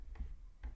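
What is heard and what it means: A push button on the mechanical combination lock of a Streamlight SpeedLocker plastic portable lock box is pressed wrong or not pushed all the way down. Two short clicks sound at 0.2 s and 0.6 s. The button pops up partway instead of staying fully down, but it still locks into place.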